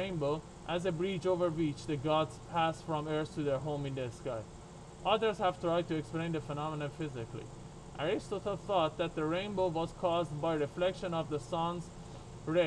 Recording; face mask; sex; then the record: reading aloud; surgical mask; male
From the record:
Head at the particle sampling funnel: turned sideways, cheek in front of it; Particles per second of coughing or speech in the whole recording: 0.0793